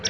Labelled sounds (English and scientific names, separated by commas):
Palm Warbler (Setophaga palmarum) flight call